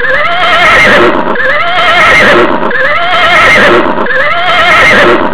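Horse whinnying in a wavering neigh; the same call repeats about every second and a half, four times in a row.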